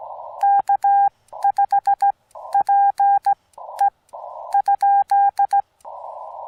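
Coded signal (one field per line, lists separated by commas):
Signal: Morse code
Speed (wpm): 18 wpm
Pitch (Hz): 800 Hz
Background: none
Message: K5PE ?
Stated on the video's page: CW-only Parks on the Air activation, Yaesu FT-891 at 25 watts, straight key, Wolf River Coils Take-It-Along antenna, battery powered.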